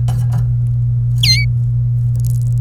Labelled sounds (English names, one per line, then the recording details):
Domestic Canary song
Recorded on 26 April 2018 at 14:42
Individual llb3